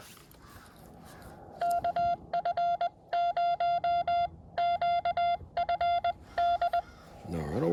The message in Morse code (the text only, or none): KF0QFD